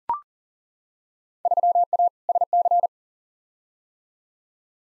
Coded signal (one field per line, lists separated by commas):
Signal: Morse code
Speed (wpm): 40 wpm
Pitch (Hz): 700 Hz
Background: none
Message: 3A SC